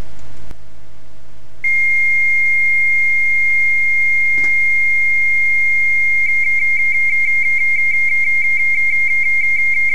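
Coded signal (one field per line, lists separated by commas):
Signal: RTTY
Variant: Baudot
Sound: steady high tone, then rapid warbling between two close pitches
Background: low hum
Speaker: and i will send it now and wait to see what happens the message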